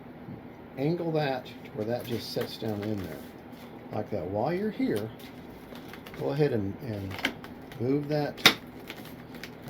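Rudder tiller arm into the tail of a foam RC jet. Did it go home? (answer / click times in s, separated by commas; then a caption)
yes / 9.4 s. The rudder with its tiller arm is angled and moved into its slot in the foam tail of an E-flite Habu SS RC jet while someone talks. A few light taps are heard before a sharp click at 9.4 s as the tiller arm pops into place, seating the rudder.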